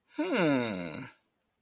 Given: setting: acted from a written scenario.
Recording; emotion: vocal sound without words; realization